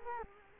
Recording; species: mosquito wingbeat signal from an infrared sensor; Culex quinquefasciatus